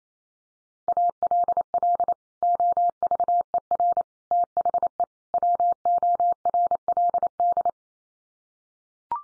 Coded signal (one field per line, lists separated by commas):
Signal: Morse code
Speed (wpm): 28 wpm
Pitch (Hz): 700 Hz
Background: none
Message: ALL OVER THE WORLD